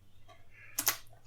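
The back latch slide on a Mamiya RB67 camera body is slid across after the part is put back on, wedging it into place. Two sharp clicks sound at about 0.8 s and 0.9 s as the latch slide locks and the part seats.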